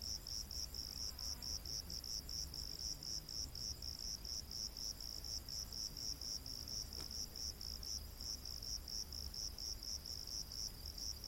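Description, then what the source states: Cricket chirping in regular high pulses about twice a second, with one brief click midway through. Rainforest at night.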